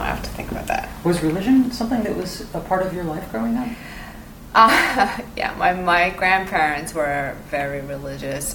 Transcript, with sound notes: I have to think about that--
Was religion something that was a part of your life growing up?
[Laugher.] Yeah, my grandparents were very religious.